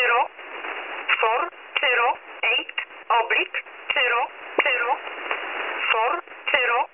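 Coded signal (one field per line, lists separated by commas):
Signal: numbers station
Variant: E11 Oblique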